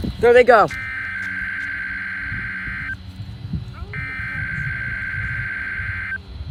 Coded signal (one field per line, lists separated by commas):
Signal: Emergency Alert System (SAME) tones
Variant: header bursts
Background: speech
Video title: EAS#27 Weekly test on WXJ41